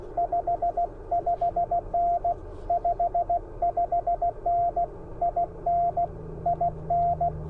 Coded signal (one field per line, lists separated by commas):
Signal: Morse code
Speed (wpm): 16 wpm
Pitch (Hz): 690 Hz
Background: radio noise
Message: 55N 55N IN IN